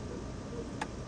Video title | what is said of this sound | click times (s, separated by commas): Hose reel shoot out ! Giraffe Tool vs "knock Off" no more kinky hose ! Using my Milwaukee Tools | but when you hear that click you can let go and there you go we can go ahead and do the lock | 0.8 s